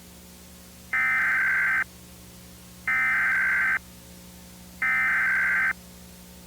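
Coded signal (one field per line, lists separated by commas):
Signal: Emergency Alert System (SAME) tones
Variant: header bursts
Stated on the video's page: Fictional EAS scenario about World War III, with voice acting.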